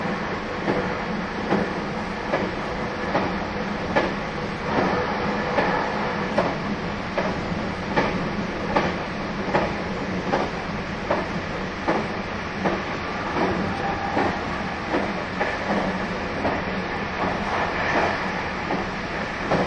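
A train runs steadily, its low rumble and hum overlaid by regular clickety-clack wheel beats about every second and a half.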